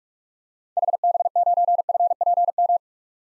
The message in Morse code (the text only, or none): HB9FPM